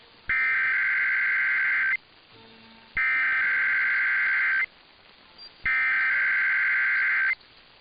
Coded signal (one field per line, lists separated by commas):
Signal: Emergency Alert System (SAME) tones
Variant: header bursts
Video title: [EAS #2555-#2558] Sunday & Early Monday Tests [7/16/23 - 7/17/23]